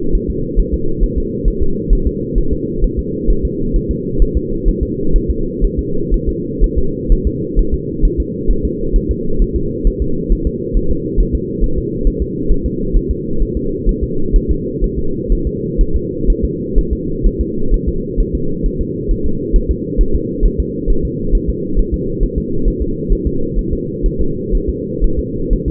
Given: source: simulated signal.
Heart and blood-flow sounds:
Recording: fetal heart sounds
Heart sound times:
0.15 s: S1
0.30 s: S2
0.59 s: S1
0.74 s: S2
1.03 s: S1
1.18 s: S2
1.48 s: S1
1.62 s: S2
1.93 s: S1
2.07 s: S2
2.38 s: S1
2.53 s: S2
2.84 s: S1
2.99 s: S2
3.30 s: S1
3.45 s: S2
3.76 s: S1
3.91 s: S2
4.22 s: S1
4.37 s: S2
4.68 s: S1
4.83 s: S2
5.16 s: S1
5.31 s: S2
5.64 s: S1
5.79 s: S2
6.14 s: S1
6.29 s: S2
6.64 s: S1
6.78 s: S2
7.12 s: S1
7.27 s: S2
7.59 s: S1
7.74 s: S2
8.05 s: S1
8.20 s: S2
8.51 s: S1
8.65 s: S2
8.96 s: S1
9.11 s: S2
9.42 s: S1
9.56 s: S2
9.87 s: S1
10.02 s: S2
10.32 s: S1
10.47 s: S2
10.77 s: S1
10.91 s: S2
11.20 s: S1
11.35 s: S2
11.64 s: S1
11.78 s: S2
12.07 s: S1
12.22 s: S2
12.51 s: S1
12.66 s: S2
12.97 s: S1
13.11 s: S2
13.42 s: S1
13.57 s: S2
13.89 s: S1
14.03 s: S2
14.36 s: S1
14.51 s: S2
14.84 s: S1
14.99 s: S2
15.32 s: S1
15.47 s: S2
15.81 s: S1
15.96 s: S2
16.30 s: S1
16.45 s: S2
16.78 s: S1
16.93 s: S2
17.26 s: S1
17.41 s: S2
17.74 s: S1
17.88 s: S2
18.20 s: S1
18.35 s: S2
18.66 s: S1
18.81 s: S2
19.11 s: S1
19.26 s: S2
19.56 s: S1
19.71 s: S2
20.01 s: S1
20.15 s: S2
20.46 s: S1
20.60 s: S2
20.90 s: S1
21.05 s: S2
21.35 s: S1
21.50 s: S2
21.79 s: S1
21.94 s: S2
22.23 s: S1
22.38 s: S2
22.68 s: S1
22.82 s: S2
23.12 s: S1
23.27 s: S2
23.59 s: S1
23.73 s: S2
24.06 s: S1
24.21 s: S2
24.55 s: S1
24.69 s: S2
25.04 s: S1
25.19 s: S2
25.53 s: S1
25.68 s: S2
From the record:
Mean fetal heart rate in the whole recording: 130 bpm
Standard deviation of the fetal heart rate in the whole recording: 4 bpm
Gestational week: 38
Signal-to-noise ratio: -8.1 dB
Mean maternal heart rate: 72 bpm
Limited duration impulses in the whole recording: absent

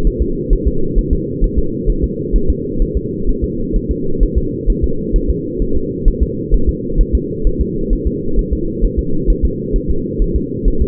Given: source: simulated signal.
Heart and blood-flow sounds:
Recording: fetal heart sounds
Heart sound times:
0.07 s: S1
0.22 s: S2
0.53 s: S1
0.67 s: S2
0.98 s: S1
1.13 s: S2
1.44 s: S1
1.58 s: S2
1.90 s: S1
2.04 s: S2
2.36 s: S1
2.50 s: S2
2.82 s: S1
2.97 s: S2
3.29 s: S1
3.44 s: S2
3.76 s: S1
3.91 s: S2
4.23 s: S1
4.38 s: S2
4.70 s: S1
4.84 s: S2
5.16 s: S1
5.30 s: S2
5.62 s: S1
5.77 s: S2
6.08 s: S1
6.23 s: S2
6.54 s: S1
6.69 s: S2
7.01 s: S1
7.15 s: S2
7.47 s: S1
7.61 s: S2
7.93 s: S1
8.07 s: S2
8.39 s: S1
8.53 s: S2
8.84 s: S1
8.99 s: S2
9.30 s: S1
9.45 s: S2
9.76 s: S1
9.91 s: S2
10.22 s: S1
10.36 s: S2
10.68 s: S1
10.82 s: S2
From the record:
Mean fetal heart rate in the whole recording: 130 bpm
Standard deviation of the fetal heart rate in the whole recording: 2 bpm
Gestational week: 38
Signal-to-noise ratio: -8.1 dB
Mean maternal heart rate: 72 bpm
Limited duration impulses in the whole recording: absent

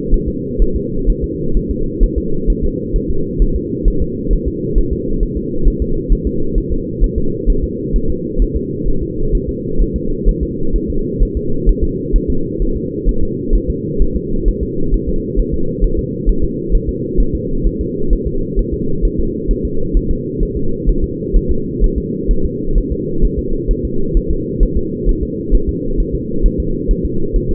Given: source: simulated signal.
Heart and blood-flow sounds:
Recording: fetal heart sounds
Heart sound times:
0.14 s: S1
0.28 s: S2
0.62 s: S1
0.76 s: S2
1.10 s: S1
1.24 s: S2
1.57 s: S1
1.71 s: S2
2.04 s: S1
2.18 s: S2
2.50 s: S1
2.64 s: S2
2.96 s: S1
3.10 s: S2
3.42 s: S1
3.56 s: S2
3.88 s: S1
4.02 s: S2
4.33 s: S1
4.48 s: S2
4.78 s: S1
4.93 s: S2
5.23 s: S1
5.37 s: S2
5.68 s: S1
5.82 s: S2
6.12 s: S1
6.27 s: S2
6.58 s: S1
6.72 s: S2
7.04 s: S1
7.18 s: S2
7.50 s: S1
7.64 s: S2
7.96 s: S1
8.10 s: S2
8.42 s: S1
8.56 s: S2
8.88 s: S1
9.03 s: S2
9.35 s: S1
9.49 s: S2
9.82 s: S1
9.96 s: S2
10.29 s: S1
10.43 s: S2
10.76 s: S1
10.90 s: S2
11.23 s: S1
11.37 s: S2
11.69 s: S1
11.84 s: S2
12.16 s: S1
12.30 s: S2
12.62 s: S1
12.77 s: S2
13.09 s: S1
13.23 s: S2
13.55 s: S1
13.70 s: S2
14.02 s: S1
14.16 s: S2
14.48 s: S1
14.63 s: S2
14.94 s: S1
15.09 s: S2
15.39 s: S1
15.54 s: S2
15.84 s: S1
15.99 s: S2
16.29 s: S1
16.44 s: S2
16.75 s: S1
16.89 s: S2
17.20 s: S1
17.35 s: S2
17.67 s: S1
17.81 s: S2
18.13 s: S1
18.27 s: S2
18.59 s: S1
18.74 s: S2
19.05 s: S1
19.20 s: S2
19.51 s: S1
19.65 s: S2
19.97 s: S1
20.11 s: S2
20.43 s: S1
20.57 s: S2
20.89 s: S1
21.04 s: S2
21.36 s: S1
21.51 s: S2
21.84 s: S1
21.98 s: S2
22.31 s: S1
22.45 s: S2
22.78 s: S1
22.92 s: S2
23.25 s: S1
23.39 s: S2
23.71 s: S1
23.85 s: S2
24.17 s: S1
24.31 s: S2
24.63 s: S1
24.77 s: S2
25.09 s: S1
25.23 s: S2
25.55 s: S1
25.69 s: S2
26.00 s: S1
26.15 s: S2
26.46 s: S1
26.60 s: S2
26.91 s: S1
27.05 s: S2
27.36 s: S1
27.51 s: S2
From the record:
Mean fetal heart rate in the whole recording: 130 bpm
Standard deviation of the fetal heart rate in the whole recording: 2 bpm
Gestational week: 38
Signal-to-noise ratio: -8.1 dB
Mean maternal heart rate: 72 bpm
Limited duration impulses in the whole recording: absent

